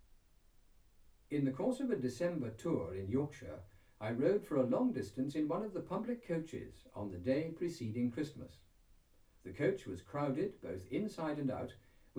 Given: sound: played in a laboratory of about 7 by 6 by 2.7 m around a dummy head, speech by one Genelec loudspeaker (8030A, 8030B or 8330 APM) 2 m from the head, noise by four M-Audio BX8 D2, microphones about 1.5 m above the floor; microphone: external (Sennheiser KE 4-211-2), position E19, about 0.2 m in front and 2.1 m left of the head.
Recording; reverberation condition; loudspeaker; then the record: male speech in English; low; 150 degrees to the right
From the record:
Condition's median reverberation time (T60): about 310 ms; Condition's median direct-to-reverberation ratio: about 3.5 dB